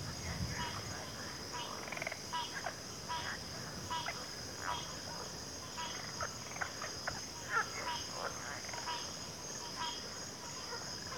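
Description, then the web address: Cricket chorus, a continuous high shimmering trill, under scattered soft frog clicks and croaks and a low rumble at the start. Chorus of crickets at a backwater. "Natures Songs Sleep Sounds of Nature CRICKETS 03 Backwater Chorus"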